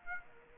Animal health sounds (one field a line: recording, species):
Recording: mosquito wingbeat signal from an infrared sensor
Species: Aedes aegypti